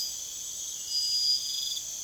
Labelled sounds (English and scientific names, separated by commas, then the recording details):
none
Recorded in secondary vegetation near Puerto Asís, Putumayo, Colombia, on 24 June 2025
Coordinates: 0.488, -76.319
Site G094